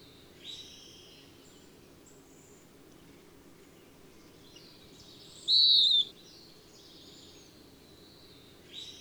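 Faint high bird chirps throughout, broken by a single loud clear whistle midway, with a steady low background hum.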